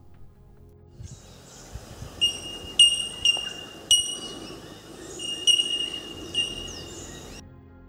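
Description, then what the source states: Bell miner calls, clear ringing metallic notes given singly and in short runs, each a high pure tink, with faint low background rumble. Played for comparison with the crimson rosella's bell call.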